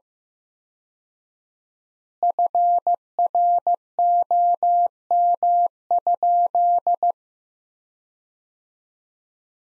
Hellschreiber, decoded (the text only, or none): none